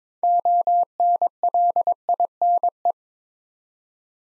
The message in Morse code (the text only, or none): ONLINE